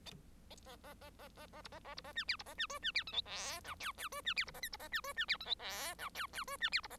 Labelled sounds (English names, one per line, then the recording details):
Bengalese Finch song
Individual Bird1